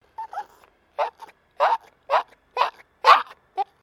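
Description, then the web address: Maltese terrier whining in short distressed bursts, about seven whimpers with brief silences between. Small dog in a distressed state. "Sound Effects-Foundation 2 DOG MALTESE TERRIER DISTRESSED WHINE"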